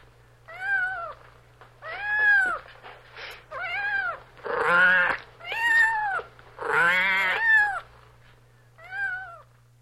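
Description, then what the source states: Cat meowing repeatedly, about seven drawn-out harmonic meows rising then falling, some louder and harsher, with a low steady hum underneath. Mother cat meowing at her kittens.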